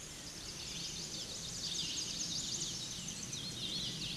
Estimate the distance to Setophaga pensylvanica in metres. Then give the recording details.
about 35 m. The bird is about level with the microphone. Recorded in a Pennsylvania forest on 16 May 2024 at 08:50. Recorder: AudioMoth, point MSD-0508. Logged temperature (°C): 15.5 °C. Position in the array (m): 63 m, 176 m